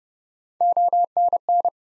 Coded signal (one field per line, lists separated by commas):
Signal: Morse code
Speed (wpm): 30 wpm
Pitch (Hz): 700 Hz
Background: none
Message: ONN